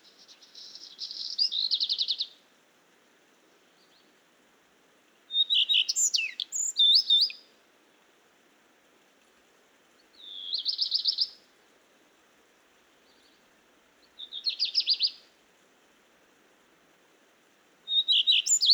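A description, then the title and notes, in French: Birds sing in the dim early morning, with short bright phrases arriving about every three to four seconds, each lasting one to two seconds. One burst near six seconds carries sharper, higher notes. Between songs the surroundings stay quiet, with only a faint low hush. Val Maravel - Nagra LB - stéréo - mkh40. Le Rougequeue à front blanc (Phoenicurus phoenicurus) vient d'arriver dans le jardin alors que le Rougequeue noir (Phoenicurus ochruros) lui était déjà là depuis trois semaines. Ce matin alors qu'il fait encore nuit, les deux espèces chantent au jour naissant.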